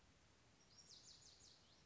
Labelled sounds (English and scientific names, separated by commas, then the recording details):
Lazuli Bunting (Passerina amoena)
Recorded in Sonoma County, California